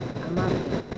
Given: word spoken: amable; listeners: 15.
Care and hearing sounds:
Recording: one Spanish word in noise, from a listening test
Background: noise modulated by three-talker babble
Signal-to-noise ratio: -4.6 dB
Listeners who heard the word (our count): 4 of 15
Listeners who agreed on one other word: 6 of 15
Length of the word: 0.58 s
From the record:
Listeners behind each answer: 6, 4, 1, 1, 1, 1, 1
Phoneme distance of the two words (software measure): 20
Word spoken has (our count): 3 syllables, 6 phonemes, stress on syllable 2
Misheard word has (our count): 3 syllables, 6 phonemes, stress on syllable 2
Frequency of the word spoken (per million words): 16.53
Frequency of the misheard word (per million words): 27.05

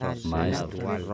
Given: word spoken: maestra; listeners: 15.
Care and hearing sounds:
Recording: one Spanish word in noise, from a listening test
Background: four-talker babble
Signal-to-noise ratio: -1.6 dB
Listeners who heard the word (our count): 3 of 15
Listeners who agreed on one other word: 8 of 15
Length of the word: 0.74 s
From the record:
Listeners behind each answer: 8, 3, 3, 1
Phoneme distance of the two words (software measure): 17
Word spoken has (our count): 3 syllables, 7 phonemes, stress on syllable 2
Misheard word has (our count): 3 syllables, 8 phonemes, stress on syllable 2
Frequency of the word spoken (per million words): 17.21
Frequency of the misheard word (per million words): 35.91

